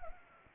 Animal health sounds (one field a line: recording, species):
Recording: mosquito wingbeat signal from an infrared sensor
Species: Anopheles arabiensis